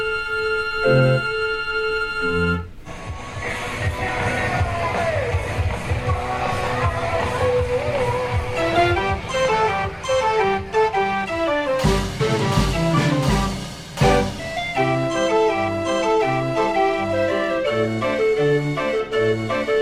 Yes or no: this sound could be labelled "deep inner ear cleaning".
no